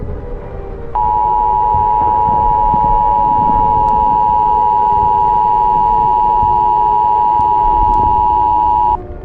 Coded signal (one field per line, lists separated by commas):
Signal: Emergency Alert System (SAME) tones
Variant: 853 and 960 Hz attention tone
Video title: EAS Scenario: World War 3 Part 2- The Worldwide Invasion